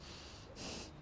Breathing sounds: one breath in and out by a microphone near the nose and mouth; strong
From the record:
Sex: male

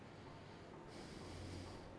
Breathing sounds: one breath in and out by a microphone near the nose and mouth; normal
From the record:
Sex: male

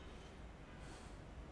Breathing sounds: one breath in and out by a microphone near the nose and mouth; normal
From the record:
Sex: male

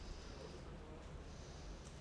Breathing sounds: one breath in and out by a microphone near the nose and mouth; normal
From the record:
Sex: male

